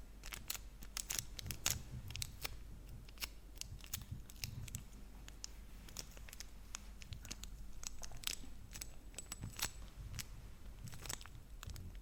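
Chocolate wrappers are handled and crinkled, giving a steady run of sharp, bright crackles and snaps scattered across all twelve seconds, denser in the first two seconds and again near the end. A low rumbling murmur and soft chewing sounds sit underneath throughout.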